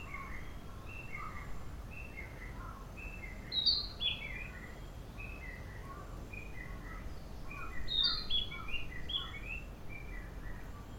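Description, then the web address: Bird song: many short chirping and twittering notes in quick succession, with two brighter high phrases standing out, over a steady low rumble. "yacho koe"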